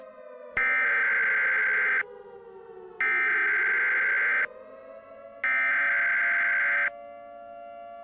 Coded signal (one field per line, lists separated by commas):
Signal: Emergency Alert System (SAME) tones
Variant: header bursts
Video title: EAS Alert: New Year's Day Disaster (Remastered)